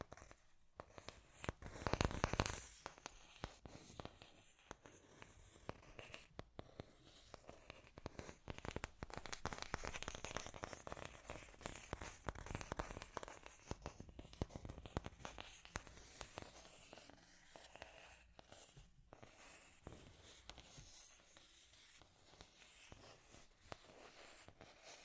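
Scratchy tapping runs throughout, a dense stream of dry, bright clicks and scrapes with a crinkly, tearing texture. The busiest and loudest burst comes near the two-second mark, with another thick stretch around ten to thirteen seconds, then the taps thin out and soften toward the end.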